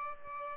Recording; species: mosquito wingbeat signal from an infrared sensor; Aedes albopictus